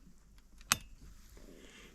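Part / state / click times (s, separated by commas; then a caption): decompression valve button in a chainsaw cylinder / seated / 0.7 s. A chainsaw's decompression valve button, on top of the engine on the right side of the cylinder, is pressed down by hand. After a couple of faint ticks, a single sharp click sounds at 0.7 s as the button latches in the down position. A low background hum continues throughout.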